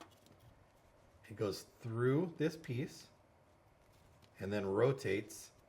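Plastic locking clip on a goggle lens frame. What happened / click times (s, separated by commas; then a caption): Handled, not yet home: no seating click from the plastic clip / none. A plastic locking clip on a JT ProFlex QLS goggle lens frame is handled while someone talks, with faint ticks near 0.3 and 4.2 seconds. The clip is passed through the retainer piece and begins to rotate, but nothing has seated or clicked in place yet.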